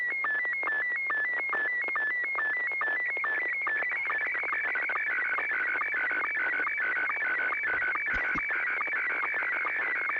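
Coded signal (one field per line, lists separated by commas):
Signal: SSTV (slow-scan television)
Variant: Scottie 1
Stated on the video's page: Morse heard during an SSTV net held on a FM repeater on 441.300 MHz.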